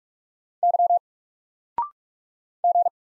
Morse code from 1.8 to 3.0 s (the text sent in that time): G